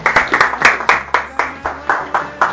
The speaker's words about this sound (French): Applaudissez pour la personne qui a dit Israël.